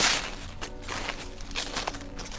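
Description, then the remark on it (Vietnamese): Slow footsteps approaching, a few soft, scuffing steps spaced unevenly over a steady low background hum, with no voices. “Tiếng bước chân dần dần đến gần hắn.”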